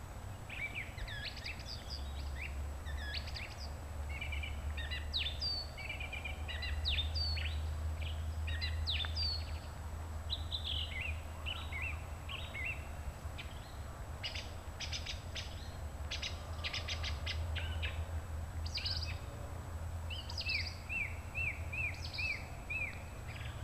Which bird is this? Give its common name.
Song Thrush